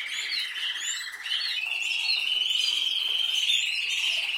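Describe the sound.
Canary song opening with a rapid buzzy trill, then a long steady whistled trill with scattered high chirps above.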